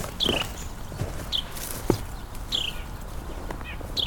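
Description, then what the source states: Carolina Wren giving several high, descending beeping calls, with low thumps and rustling underneath. Came closer to the recordist than to his recorder, so recorded on a lavalier mic during a Christmas Bird Count in Hamilton, December 26, 2022; the higher-pitched beep is the wren.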